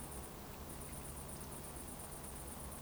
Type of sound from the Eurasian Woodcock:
whistle